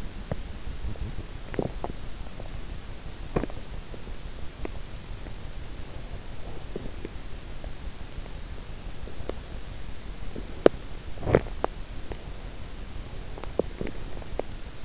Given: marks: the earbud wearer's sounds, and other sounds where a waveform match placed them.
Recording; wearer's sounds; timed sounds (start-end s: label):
sounds in sleep by an in-ear microphone; body movement
0.00-4.45 s: body movement
8.91-14.85 s: body movement